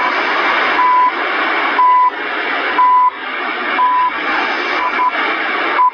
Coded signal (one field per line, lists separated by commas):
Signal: radio time signal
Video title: Tuning the Shortwave radio bands September 30th 2016